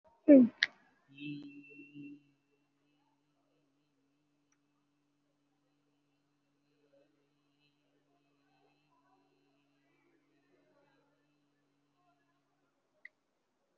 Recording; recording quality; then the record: sustained vowel as in beet; excellent, no background noise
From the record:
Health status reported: COVID-19 positive, moderate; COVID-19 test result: positive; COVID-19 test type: RT-PCR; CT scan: not taken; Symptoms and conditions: fever, muscle pain, loss of smell and taste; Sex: male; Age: 28 years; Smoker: no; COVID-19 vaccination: both doses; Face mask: worn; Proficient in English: yes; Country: India